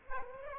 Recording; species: mosquito wingbeat signal from an infrared sensor; Aedes aegypti